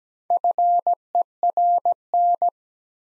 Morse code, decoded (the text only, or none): FERN